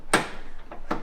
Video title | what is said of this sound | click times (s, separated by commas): TESTING The EV RANGE In My ANTIQUE Geo Metro (And Fixing It) | nice snap yeah and this one too | 0.1 s